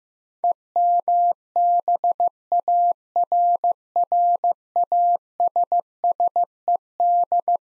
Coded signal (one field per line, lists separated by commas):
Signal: Morse code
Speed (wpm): 16 wpm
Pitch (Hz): 700 Hz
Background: none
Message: EMBARRASSED